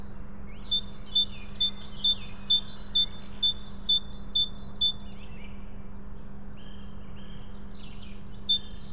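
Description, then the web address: Great tit song, a long even series of bright two-note phrases, then a pause with other birds' sliding chirps, and the phrases resume at the end; low hum throughout. "SETE data Parus major"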